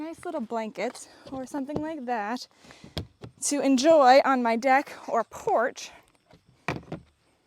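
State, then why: Seated. Someone talks while assembling a plastic outdoor deck box without tools, pushing a wall panel into the box frame. A sharp snap at 6.7 s shows the panel clicking into place, followed by a few quieter knocks.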